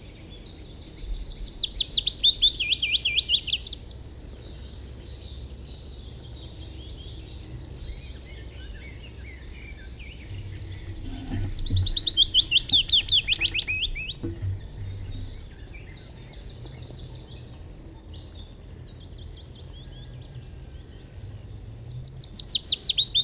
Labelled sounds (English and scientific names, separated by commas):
Willow Warbler (Phylloscopus trochilus) song